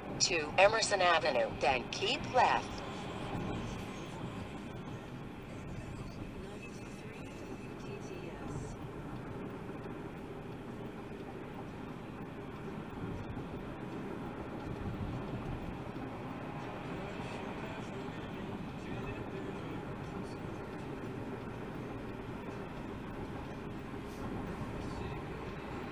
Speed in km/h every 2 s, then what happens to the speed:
63, 66, 66, 68, 71, 72, 74, 74, 72, 72, 74, 74, 72.
0-11 speeds up to 74. 11-26 steady at about 74.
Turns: none.